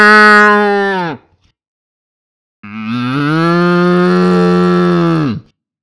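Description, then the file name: Cow lowing twice: a first moo fading out after about a second, then after a pause a long, steady, droning moo of about three seconds that drops away at the end. "Koe"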